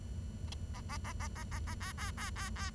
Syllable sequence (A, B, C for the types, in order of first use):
A A A A A A A B B B B B